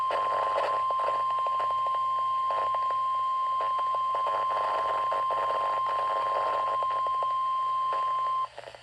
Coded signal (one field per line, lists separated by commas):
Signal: Emergency Alert System (SAME) tones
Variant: 1050 Hz attention tone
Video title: EAS Compilation - 2025 Blizzard Warnings (and Bonus Required Weekly Test)